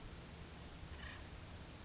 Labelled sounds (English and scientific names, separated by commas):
Acorn Woodpecker (Melanerpes formicivorus)